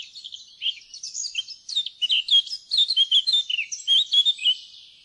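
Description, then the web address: Eurasian blackcap song, a continuous run of quick varied notes building into louder, clearer fluting warbles through the middle, softening at the very end. "fuglelyder- munk"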